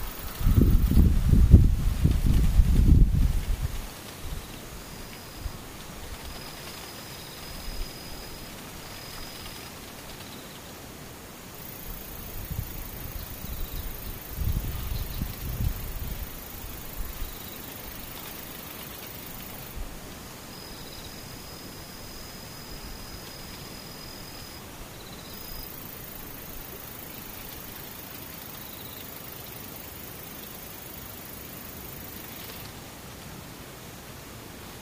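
Insects, heard as a very high, thin, steady buzzing that switches on for two long stretches, roughly from 12 to 20 seconds and again from 25 to 33 seconds. Faint high whistling notes come and go between them. Low rumbling thumps open the recording and return briefly around 15 seconds.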